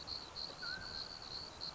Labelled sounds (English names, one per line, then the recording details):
Mountain Quail
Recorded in Sonoma County, California